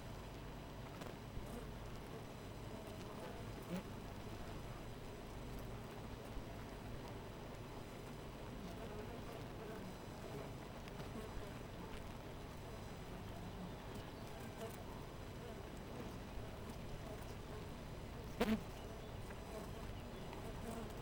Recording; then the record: honeybee colony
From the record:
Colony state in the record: missing queen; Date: 14 July 2017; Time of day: 4:50